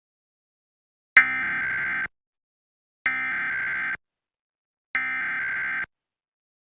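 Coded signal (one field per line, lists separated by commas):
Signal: Emergency Alert System (SAME) tones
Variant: header bursts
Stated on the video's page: EAS tests from a TV station: a required monthly test recorded overnight and a required weekly test; encoder changed from a VIAVI EASyCAP to a DASDEC-III.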